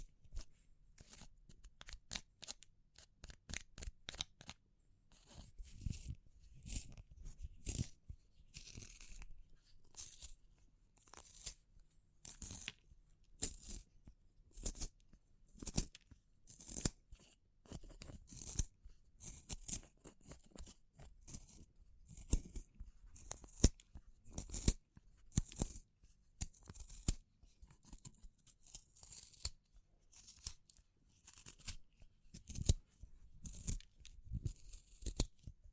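Natural materials like wood, bamboo and straw are handled in quick, dry clicks, snips and crackles that come almost continuously. The sounds are crisp and bright with light tapping thumps beneath, arriving in uneven bursts throughout, a little sparser during the first five seconds.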